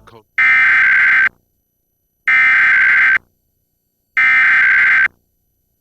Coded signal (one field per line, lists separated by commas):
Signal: Emergency Alert System (SAME) tones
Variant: header bursts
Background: speech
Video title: WNET Emergency Alert System - New Jersey Required Monthly Test [June 22, 2022]